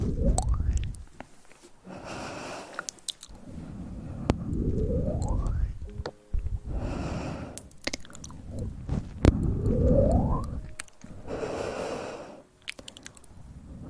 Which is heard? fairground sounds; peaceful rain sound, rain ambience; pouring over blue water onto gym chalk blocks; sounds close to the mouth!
sounds close to the mouth!